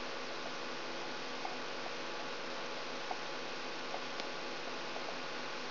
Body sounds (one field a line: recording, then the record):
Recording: brain microelectrode recording played as sound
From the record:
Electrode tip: outside the subthalamic nucleus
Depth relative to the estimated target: -8 mm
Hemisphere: left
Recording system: AlphaMap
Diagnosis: Parkinson's disease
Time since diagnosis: 10 years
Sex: male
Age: 47 years